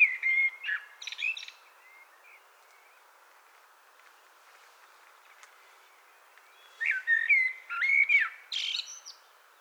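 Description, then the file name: Common blackbird singing fluty, warbled phrases with scratchy high trills, one near the start and another after a pause of roughly five seconds. "Turdus merula"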